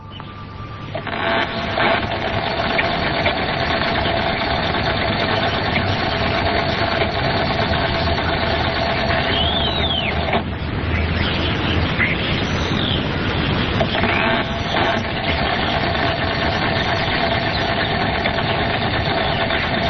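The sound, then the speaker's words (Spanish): In a recording made at a completely isolated spot with no power lines, cars, motorbikes or roads, a steady mechanical drone with a faint hum, like an interfering wave, runs throughout, while a couple of drawn-out creaks, like a wooden door or drawer slowly opening, rise and bend in pitch midway. “un sonido mecánico, que nos parece sinceramente una puerta que se abre o una especie de cajón de madera que se abre”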